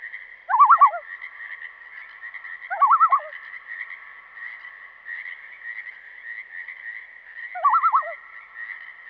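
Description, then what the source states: Pacific tree frog croaks: three short pulsed, wavering calls spaced unevenly over a steady, high-pitched chorus drone that runs throughout. Heard in the background behind a common loon; western North America.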